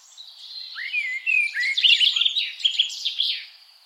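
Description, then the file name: Common blackbird phrase of mellow, slurred whistles that build into a dense, squeaky high twitter. "Turdus merula"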